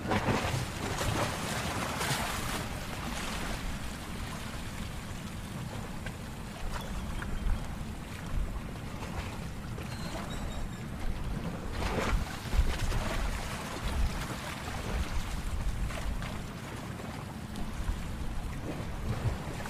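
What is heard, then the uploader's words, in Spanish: Sea waves at Cancún wash in a steady, dense roar with a strong low rumble throughout. Brighter splashing surges rise and fall irregularly, with noticeable bursts near the start, around seven seconds, and again around twelve seconds. Sonido del Mar de Cancún, Sonido de las Olas Relajantes.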